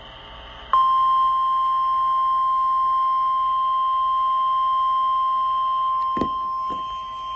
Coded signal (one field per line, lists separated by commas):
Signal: Emergency Alert System (SAME) tones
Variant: 1050 Hz attention tone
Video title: REQUIRED WEEKLY TEST (REAL EAS#2472)